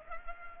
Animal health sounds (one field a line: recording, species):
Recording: mosquito wingbeat signal from an infrared sensor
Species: Culex pipiens